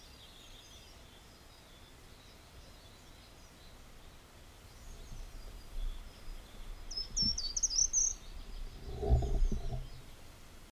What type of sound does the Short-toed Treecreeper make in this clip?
song